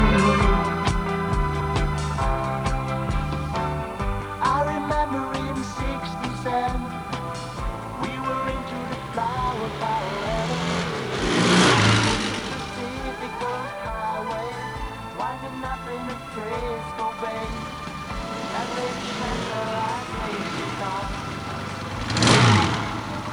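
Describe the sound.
A motorcycle engine idles with a steady, throbbing hum, then revs in two loud swells, one midway and one near the end, settling back to idle between them. A voice is faintly present.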